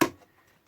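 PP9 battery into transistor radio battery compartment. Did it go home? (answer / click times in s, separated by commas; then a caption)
no / none. A PP9 battery with its clip is pushed into the battery compartment of a 1972 FM transistor radio set. It makes a single dull thunk at about 0.0 s that fades quickly, followed by near silence. The battery does not go in, and nothing has seated or clicked yet.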